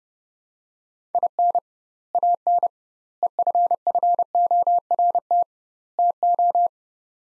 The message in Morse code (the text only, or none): IN AN EFFORT TO